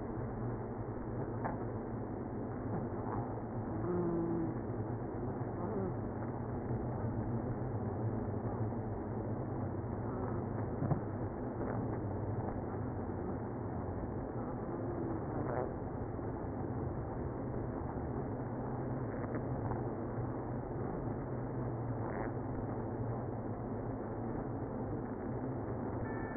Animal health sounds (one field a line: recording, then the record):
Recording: honeybee colony, microphone inside the hive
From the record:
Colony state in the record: queenless (queen removed)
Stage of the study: after two queens were removed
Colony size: about 60,000 bees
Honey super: yes